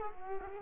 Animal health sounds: mosquito wingbeat signal from an infrared sensor; Culex quinquefasciatus

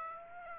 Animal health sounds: mosquito wingbeat signal from an infrared sensor; Aedes aegypti

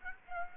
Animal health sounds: mosquito wingbeat signal from an infrared sensor; Aedes aegypti

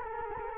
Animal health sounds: mosquito wingbeat signal from an infrared sensor; Culex quinquefasciatus

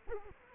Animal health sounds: mosquito wingbeat signal from an infrared sensor; Culex quinquefasciatus

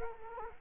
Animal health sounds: mosquito wingbeat signal from an infrared sensor; Culex quinquefasciatus

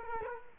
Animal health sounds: mosquito wingbeat signal from an infrared sensor; Culex quinquefasciatus

